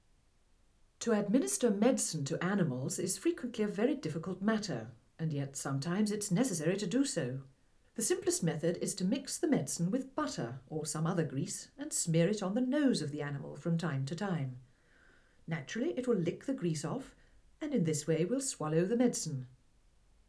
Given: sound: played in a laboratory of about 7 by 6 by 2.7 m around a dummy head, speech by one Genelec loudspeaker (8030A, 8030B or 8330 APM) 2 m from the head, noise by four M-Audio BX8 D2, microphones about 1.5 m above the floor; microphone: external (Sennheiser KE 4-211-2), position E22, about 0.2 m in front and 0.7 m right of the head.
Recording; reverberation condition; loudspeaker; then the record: female speech in English; low; 90 degrees to the right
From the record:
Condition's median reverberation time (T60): about 310 ms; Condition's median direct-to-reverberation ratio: about 3.5 dB